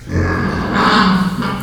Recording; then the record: squeal of a Yucatan mini pig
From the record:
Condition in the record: after surgery on the right vocal fold (resection and tissue-engineered implant); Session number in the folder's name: 16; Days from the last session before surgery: 183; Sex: female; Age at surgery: 19 weeks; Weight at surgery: 25 kg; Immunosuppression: prednisolone